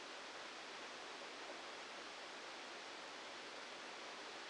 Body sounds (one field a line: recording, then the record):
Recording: brain microelectrode recording played as sound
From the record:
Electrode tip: outside the subthalamic nucleus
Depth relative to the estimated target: -3 mm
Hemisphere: left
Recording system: NeuroSet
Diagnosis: Parkinson's disease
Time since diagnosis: 14 years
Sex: male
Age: 51 years